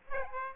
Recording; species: mosquito wingbeat signal from an infrared sensor; Aedes aegypti